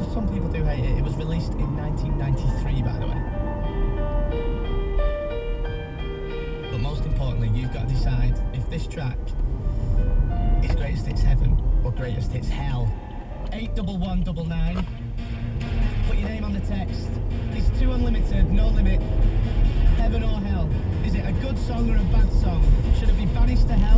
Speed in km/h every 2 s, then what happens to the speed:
47, 45, 44, 44, 40, 35, 21, 21, 31, 37, 40, 45.
0-7 steady at about 44. 7-12 brakes to 21. 14-24 speeds up to 45.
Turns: 11-15.